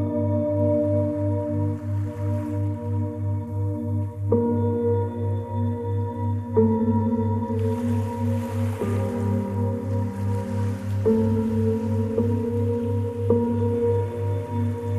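Calm music of sustained, ringing bell-like tones that shift to a new chord about every two seconds, over a steady low throbbing pulse. A soft hiss, perhaps gentle waves, rises faintly in the background from about the middle onward.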